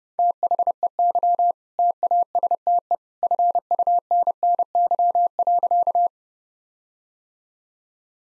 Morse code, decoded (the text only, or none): THEY TASTE FUNNY.